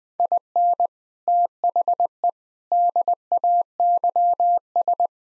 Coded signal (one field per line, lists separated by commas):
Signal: Morse code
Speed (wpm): 21 wpm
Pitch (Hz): 700 Hz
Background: none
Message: IN THE DAYS